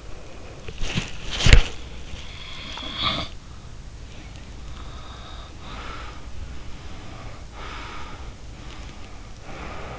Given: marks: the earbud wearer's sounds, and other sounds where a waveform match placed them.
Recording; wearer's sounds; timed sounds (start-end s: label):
sounds in sleep by an in-ear microphone; body movement
0.00-1.86 s: body movement
4.64-6.29 s: sound from someone else or the room
6.64-8.36 s: sound from someone else or the room
8.59-9.99 s: sound from someone else or the room